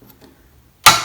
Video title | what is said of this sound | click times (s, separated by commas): Jak zamontować przycisk do spłuczki | aż kliknie w drugim | 0.9 s